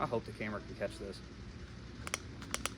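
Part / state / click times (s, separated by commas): belt strap latches into ratcheting belt buckle / seated / 2.1 s, 2.5 s, 2.7 s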